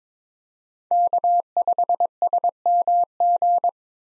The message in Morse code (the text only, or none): K5SMG